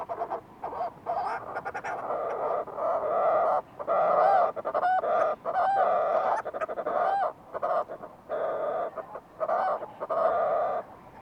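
Fulmar prion calls: raucous, nasal, gurgling bursts run almost without pause, broken by short gaps, with a few rising whistled inflections in the middle.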